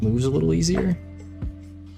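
Someone talks while a plastic model kit part that had not snapped all the way up into place is pushed again into its mating socket on the backpack/wing assembly. At 1.4 s a faint snap is heard, and the part is now fully seated in place.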